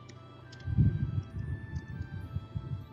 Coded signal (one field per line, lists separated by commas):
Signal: none